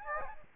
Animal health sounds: mosquito wingbeat signal from an infrared sensor; Aedes albopictus

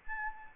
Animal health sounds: mosquito wingbeat signal from an infrared sensor; Aedes albopictus

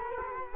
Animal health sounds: mosquito wingbeat signal from an infrared sensor; Culex quinquefasciatus

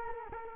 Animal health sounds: mosquito wingbeat signal from an infrared sensor; Culex quinquefasciatus

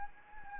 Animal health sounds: mosquito wingbeat signal from an infrared sensor; Anopheles gambiae

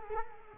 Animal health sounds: mosquito wingbeat signal from an infrared sensor; Culex quinquefasciatus

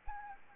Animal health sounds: mosquito wingbeat signal from an infrared sensor; Anopheles arabiensis

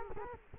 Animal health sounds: mosquito wingbeat signal from an infrared sensor; Culex quinquefasciatus

